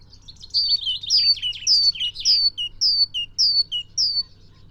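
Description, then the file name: Great tit song: brief buzzy chatter, then a steady series of about six bright two-note phrases, high then lower, repeated roughly twice a second. "Parus major"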